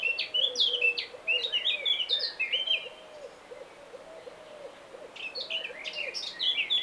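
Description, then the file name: Eurasian blackcap song: rich, fast warbling phrases, a pause, then another burst of warbling, over a steady series of soft, low, arched whistled notes repeating underneath. "Sylvia atricapilla"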